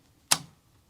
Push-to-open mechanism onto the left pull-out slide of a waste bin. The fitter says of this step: keep going until you hear an audible click.